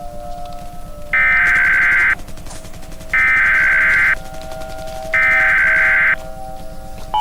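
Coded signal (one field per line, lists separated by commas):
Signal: Emergency Alert System (SAME) tones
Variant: header bursts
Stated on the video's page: Fan-made mock EAS alerts.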